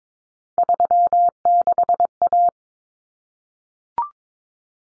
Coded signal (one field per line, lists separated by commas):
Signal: Morse code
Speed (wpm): 22 wpm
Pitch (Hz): 700 Hz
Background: none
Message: 36A